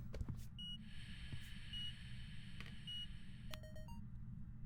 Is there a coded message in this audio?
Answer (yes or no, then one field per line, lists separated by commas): no